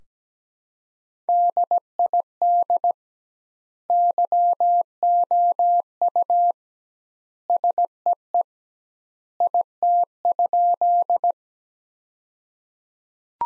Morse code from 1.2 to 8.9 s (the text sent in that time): DID YOU SEE